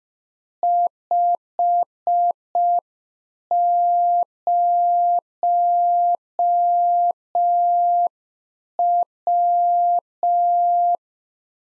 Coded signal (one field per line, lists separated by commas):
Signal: Morse code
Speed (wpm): 5 wpm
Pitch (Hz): 700 Hz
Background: none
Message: 50W